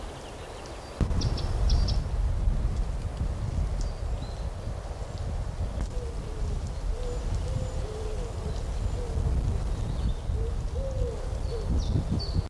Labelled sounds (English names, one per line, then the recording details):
Common Wood Pigeon courtship call
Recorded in the wild
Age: adult
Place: Mühlenbecker Land, OT Summt, Brandenburg, DE
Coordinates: 52.6928, 13.3553
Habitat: forest
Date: 1988-04-17 15:21
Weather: 16-18°C
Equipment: Sony WM-D6C, Sony ECM-939 LT, Kopie 19 cm
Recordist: Tembrock, Günter